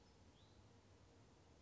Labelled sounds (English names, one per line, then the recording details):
Hutton's Vireo
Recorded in Sonoma County, California